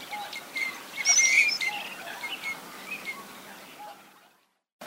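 Teal calls: scattered short whistles and chirps, loudest around the one-second mark, then thinning out before the sound cuts off.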